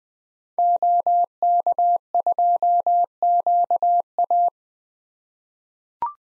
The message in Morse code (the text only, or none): OK2QA